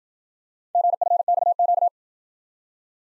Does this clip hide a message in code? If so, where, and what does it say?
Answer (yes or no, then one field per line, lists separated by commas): yes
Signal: Morse code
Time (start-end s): 0.8-1.9 s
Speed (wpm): 54 wpm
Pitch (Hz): 700 Hz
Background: none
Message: GFXQ